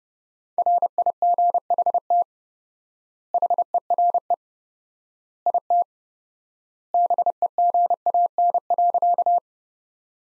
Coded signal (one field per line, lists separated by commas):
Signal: Morse code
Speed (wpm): 32 wpm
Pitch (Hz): 700 Hz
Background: none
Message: RIGHT HERE IT BEGAN.